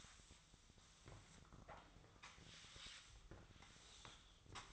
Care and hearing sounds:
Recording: daily activity, microphone in the room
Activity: sweep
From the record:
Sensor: 3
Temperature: 24.4 degrees Celsius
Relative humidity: 34.2%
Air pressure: 1004.7 hPa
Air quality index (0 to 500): 87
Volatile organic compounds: 3 ppm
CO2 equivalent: 1326 ppm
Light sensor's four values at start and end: 7/17/7/6 and 5/12/5/5

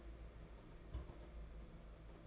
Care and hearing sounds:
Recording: daily activity, microphone in the room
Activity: place on stove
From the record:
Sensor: 5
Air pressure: 992.1 hPa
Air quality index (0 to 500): 211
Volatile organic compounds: 1000 ppm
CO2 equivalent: 6116 ppm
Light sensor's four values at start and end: 6/14/6/6 and 6/14/6/6

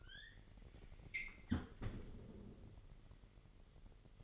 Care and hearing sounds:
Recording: daily activity, microphone in the room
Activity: close fridge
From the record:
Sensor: 4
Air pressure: 1002.8 hPa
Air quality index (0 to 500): 244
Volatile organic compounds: 18 ppm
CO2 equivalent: 2616 ppm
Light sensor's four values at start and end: 4/10/3/4 and 4/11/4/4

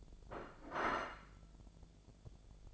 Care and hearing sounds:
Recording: daily activity, microphone in the room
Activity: place plate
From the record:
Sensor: 5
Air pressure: 1000.3 hPa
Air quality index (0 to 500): 121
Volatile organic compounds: 1 ppm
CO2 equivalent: 965 ppm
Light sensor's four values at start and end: 101/239/102/110 and 101/238/101/110

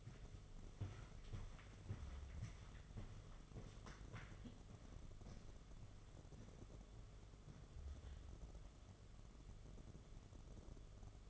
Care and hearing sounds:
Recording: daily activity, microphone in the room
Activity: walk to room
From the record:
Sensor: 4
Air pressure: 1011.2 hPa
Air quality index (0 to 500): 135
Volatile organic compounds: 3 ppm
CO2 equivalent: 1386 ppm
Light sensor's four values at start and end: 168/438/187/192 and 186/485/207/214

